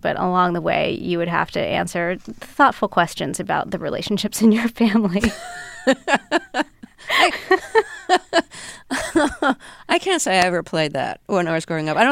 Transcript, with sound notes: But along the way, you would have to answer thoughtful questions about the relationships in your family.
(LAUGHTER) I can't say I ever played that when I was growing up.